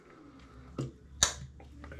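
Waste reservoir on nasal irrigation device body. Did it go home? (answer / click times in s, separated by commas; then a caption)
released / 1.2 s. The used-water reservoir of a Navage nasal saline irrigation device is popped off its plastic body. A softer knock comes at 0.8 s, then a sharp, bright click at 1.2 s as the reservoir releases and comes off, followed by a few faint taps.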